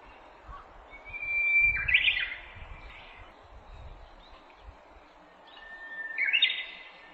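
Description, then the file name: Japanese bush warbler song: a long steady whistle followed by a quick, bright, tumbling flourish, given twice. Recorded on 18 April 2008. "uguisu 080418"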